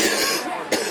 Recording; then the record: coughing mixed with background sound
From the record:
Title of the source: 55 gaggy wet cough